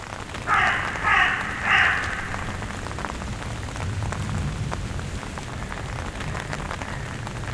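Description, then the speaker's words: Common raven giving three hoarse, harsh croaks about half a second apart, followed by a steady patter like rain. A very hoarse sound heard in the treetops. "ça doit être le bruit du grand corbeau. C'est un bruit comme ça très rauque"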